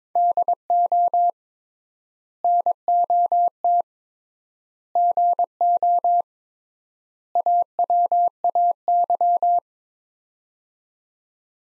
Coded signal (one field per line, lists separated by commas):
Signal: Morse code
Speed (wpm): 22 wpm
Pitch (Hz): 700 Hz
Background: none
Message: DO NOT GO AWAY